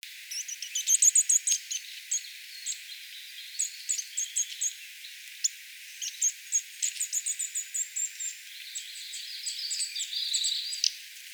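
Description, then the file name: Eurasian nuthatch giving short sharp high calls, some in quick clusters. "Sitta europaea"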